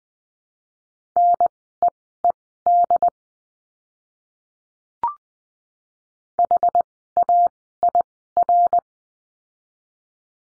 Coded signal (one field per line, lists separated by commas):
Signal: Morse code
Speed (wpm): 20 wpm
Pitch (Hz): 700 Hz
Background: none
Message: NEED HAIR